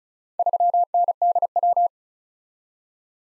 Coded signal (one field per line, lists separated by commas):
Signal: Morse code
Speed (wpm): 36 wpm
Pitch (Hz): 700 Hz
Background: none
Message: 3NDW